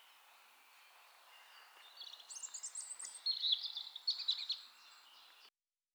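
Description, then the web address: European robin singing a thin, high, varied phrase of tinkling and trilling notes lasting about two and a half seconds, then quiet background hiss. "SETE data Erithacus rubecula"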